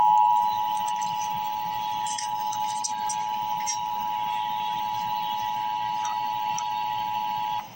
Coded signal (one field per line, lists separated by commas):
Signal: Emergency Alert System (SAME) tones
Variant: 853 and 960 Hz attention tone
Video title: Emergency Alert System - Special Weather Statement - Dec 14, 2025 at 3:30 PM.EST